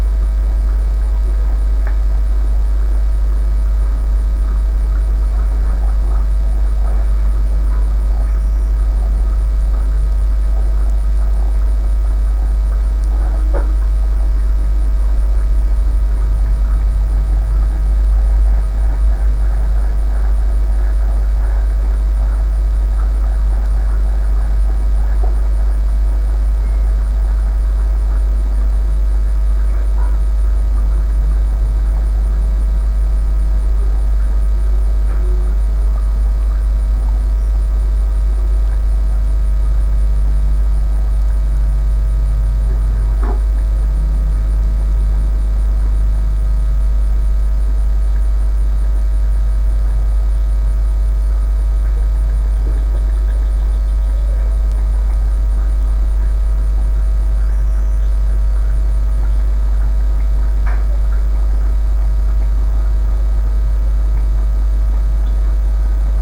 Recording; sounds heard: poultry house recording; sick chickens (respiratory disease)